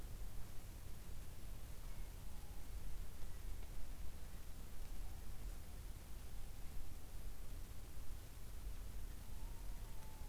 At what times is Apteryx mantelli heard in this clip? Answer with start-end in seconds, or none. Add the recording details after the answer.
none. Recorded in New Zealand on 24 November 2013. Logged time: 03:42. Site CF70